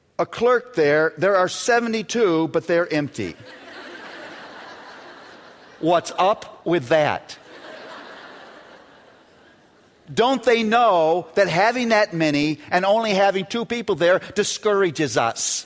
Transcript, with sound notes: a clerk there. There are seventy-two, but they're empty. (laughter) What's up with that? Don't they know that having that many and only having two people there discourages us?